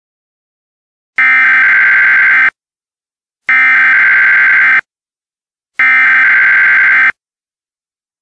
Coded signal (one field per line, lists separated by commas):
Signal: Emergency Alert System (SAME) tones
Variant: header bursts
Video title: EAS Scenario: The Genetic Code Part 2